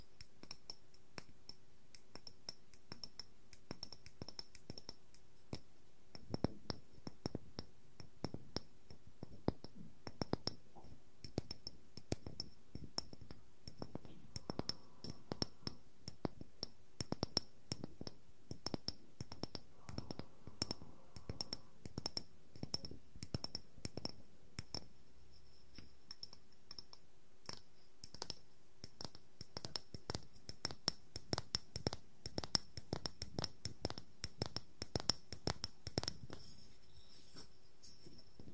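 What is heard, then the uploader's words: Wooden objects tap in rapid, dense clicks, busiest from about six seconds on, with a faint steady hum beneath. Wooden Objects Tapping and Scratching ( Cork, Bowl, Lid, Block).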